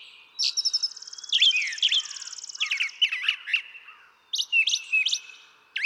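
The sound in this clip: Brown thrasher singing a quick rattling series, then slurred downward notes and sharp chirps in lively succession.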